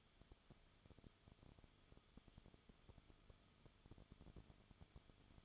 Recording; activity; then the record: daily activity, microphone in the room; no activity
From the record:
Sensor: 4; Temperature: 22.9 degrees Celsius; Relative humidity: 34.5%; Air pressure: 1011.5 hPa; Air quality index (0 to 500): 193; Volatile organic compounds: 13 ppm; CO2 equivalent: 2389 ppm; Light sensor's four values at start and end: 2/3/1/1 and 2/3/1/1